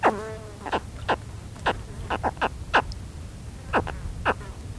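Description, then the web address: Spectacled caiman chirping calls: about ten short, sharp downward-sweeping chirps spaced unevenly over a low, steady hum. "earth naturelibrary assets s sp spectacled caiman"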